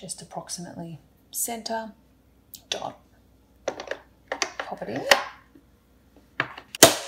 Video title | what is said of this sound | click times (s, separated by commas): Refillable Pods For Dolce Gusto - Using WayCap Coffee Capsules | lock into place and now with this | 6.4 s, 6.8 s